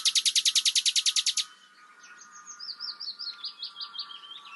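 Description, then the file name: Common nightingale song: a fast run of loud, harsh repeated notes, then a soft, varied twittering phrase over a faint steady hum. "Luscinia megarhynchos"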